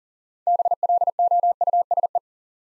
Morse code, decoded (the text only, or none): BLOUSE